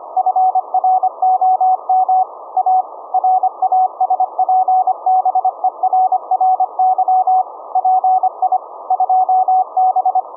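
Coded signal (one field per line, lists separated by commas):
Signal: Morse code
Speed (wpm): 25 wpm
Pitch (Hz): 750 Hz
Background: none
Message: FROM A RASPBERRY PI 2B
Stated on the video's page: 1-watt QRP VLF CW at 17.650 kHz, sent from a Raspberry Pi USB sound card into a 21-foot delta loop, received via ferrite-core Tesla coil and SDR.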